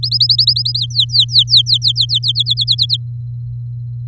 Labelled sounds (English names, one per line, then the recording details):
Domestic Canary song
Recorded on 3 May 2018 at 18:28
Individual llb16